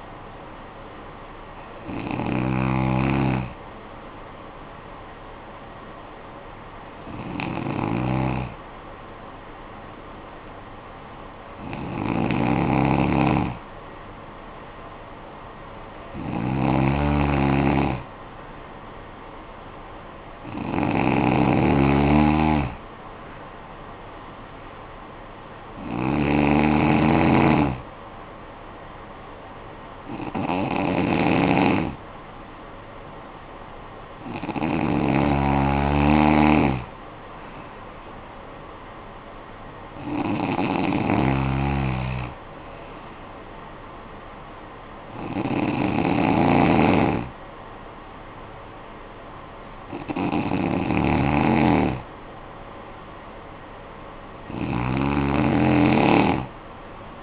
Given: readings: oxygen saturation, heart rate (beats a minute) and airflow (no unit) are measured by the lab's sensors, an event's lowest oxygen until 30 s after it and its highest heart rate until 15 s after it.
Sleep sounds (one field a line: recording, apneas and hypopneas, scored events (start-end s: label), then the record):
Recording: breathing in sleep by a voice recorder at the bedside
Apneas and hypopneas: 1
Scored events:
5.00-21.50 s: hypopnea (N1, oxygen 95% highest, then 92% lowest, heart rate 62 at the start, 62 highest)
42.00-57.23 s: new sleep stage, N2 (light sleep)
From the record:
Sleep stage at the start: N1 (lightest sleep)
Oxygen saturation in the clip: 91 to 95%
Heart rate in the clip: 52 to 72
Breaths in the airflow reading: 12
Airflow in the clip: -10.2 to 7.5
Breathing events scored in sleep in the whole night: 445 in 7.6 hours asleep